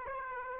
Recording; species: mosquito wingbeat signal from an infrared sensor; Aedes aegypti